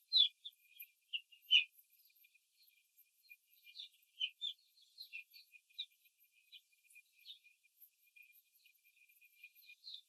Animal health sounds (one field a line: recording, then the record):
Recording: young laying hens in a cage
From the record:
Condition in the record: control cage, after the stress test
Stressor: none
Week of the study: 4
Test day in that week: 3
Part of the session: 1